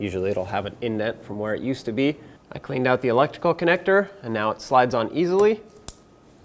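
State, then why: Seated. A cleaned plastic electrical connector from the wiring harness is pushed onto the new EVAP canister vent valve solenoid of a 2013–2020 Nissan Pathfinder while someone talks. A single sharp snap at 5.9 s marks the connector clicking into place, and it is seated.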